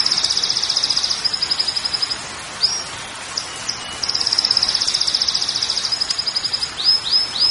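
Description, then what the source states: Canary song of loud fast trills and rolling phrases broken by brief swept notes, ending in a few swept notes, with steady hiss behind. Belgian canary song used to warm up (stimulate) a canary to sing.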